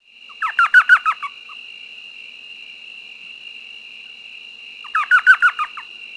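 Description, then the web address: Elf owl chattering call, two bursts of several quick, yelping notes, several seconds apart, over a steady high insect-like drone. "Peterson North American Birds iso sound elow"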